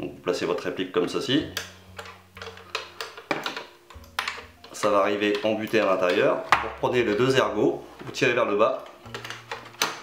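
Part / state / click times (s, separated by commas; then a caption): barrel assembly into airsoft rifle body / seated / 9.8 s. Someone talks while fitting the barrel assembly into the body of a Beretta Umarex ARX 160 Sportline AEG airsoft replica (25870X): it is pushed in until it stops, the two lugs are pulled down, and the barrel is put back in position. Scattered light clicks and handling knocks come through the talk, then a sharp small click at 9.8 s as the barrel assembly locks inside the replica.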